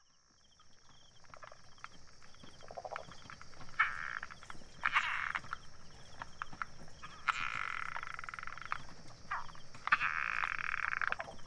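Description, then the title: Frogs calling in bursts of rasping, pulsed notes that grow louder, over a constant high insect whine. Frogs recorded in Taiwan between 2006 and 2009 on a walk from pond to pond; the island has 32 frog species. "Grenouilles de Taiwan"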